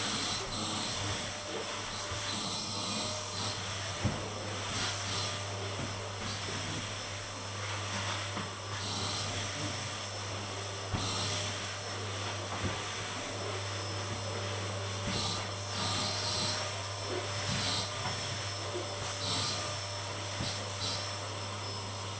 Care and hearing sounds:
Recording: daily activity, microphone in the room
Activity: vacuum cleaning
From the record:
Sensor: 4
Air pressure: 1000.9 hPa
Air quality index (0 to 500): 138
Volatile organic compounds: 2 ppm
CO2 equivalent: 1024 ppm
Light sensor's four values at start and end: 28/64/27/29 and 26/63/26/28

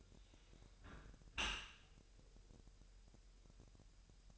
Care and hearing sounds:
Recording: daily activity, microphone in the room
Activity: close dishwasher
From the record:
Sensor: 2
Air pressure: 1000.5 hPa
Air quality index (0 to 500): 246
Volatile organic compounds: 92 ppm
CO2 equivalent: 3703 ppm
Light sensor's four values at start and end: 9/22/9/9 and 9/22/9/9

